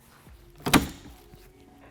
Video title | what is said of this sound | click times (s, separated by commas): How to Fold and Remove 2021-2023 Bronco Soft Top | after the latches click on both sides the top is seated in here pretty tightly and you'll just need to push the gray handle again to pop it back up | 0.7 s